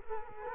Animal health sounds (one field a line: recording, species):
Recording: mosquito wingbeat signal from an infrared sensor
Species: Culex quinquefasciatus